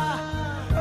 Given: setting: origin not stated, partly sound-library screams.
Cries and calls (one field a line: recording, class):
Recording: one-second piece from a danger detection set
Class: normal situation